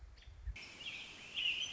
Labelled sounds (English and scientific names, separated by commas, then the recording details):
American Robin (Turdus migratorius)
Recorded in Sonoma County, California